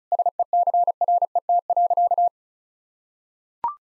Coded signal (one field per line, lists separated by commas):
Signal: Morse code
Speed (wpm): 35 wpm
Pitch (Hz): 700 Hz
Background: none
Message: SECRET.